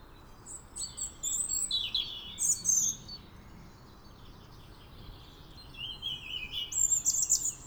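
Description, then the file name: European robin delivering two bursts of high, liquid, wavering notes separated by a short pause, against steady low background noise. Singing on a grave. "European Robin Singing On Thomas Hardys Grave"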